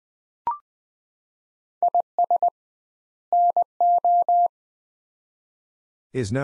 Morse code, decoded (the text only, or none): IS NO